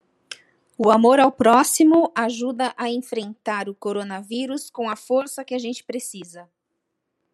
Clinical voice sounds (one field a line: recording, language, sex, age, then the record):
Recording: spoken sentence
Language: Brazilian Portuguese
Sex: female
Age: 50 to 59 years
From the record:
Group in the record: control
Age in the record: 50 years